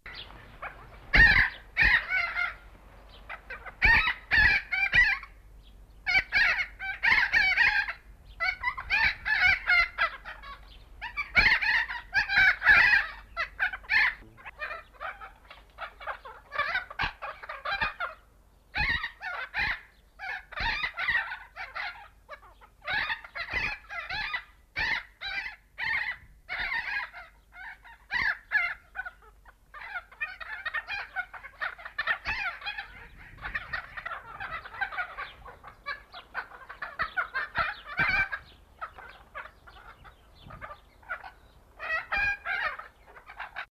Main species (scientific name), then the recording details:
Rhynchopsitta pachyrhyncha. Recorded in captivity. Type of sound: call. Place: JE. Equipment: Halbspur, 9,5 cm/s. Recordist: Lütgens, Hans. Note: Rufe